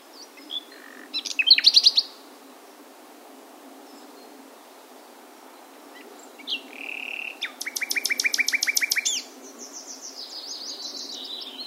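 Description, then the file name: Common nightingale singing varied phrases separated by pauses: a steady whistled note followed by a rapid, harsh rattling trill, then sweeping high notes. "Luscinia megarhynchos"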